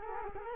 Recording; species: mosquito wingbeat signal from an infrared sensor; Culex quinquefasciatus